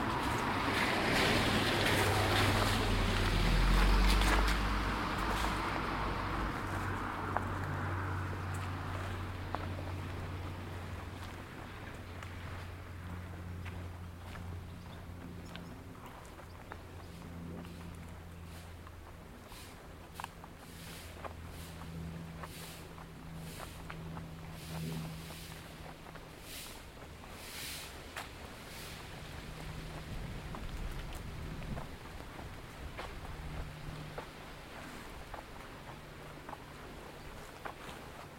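A walk through Woodwell in Silverdale opens with a loud, low rumble and rushing hiss that swells around four seconds and fades by about ten. A quieter, steady low drone with a faint wavering hum follows, dotted with scattered sharp taps and ticks.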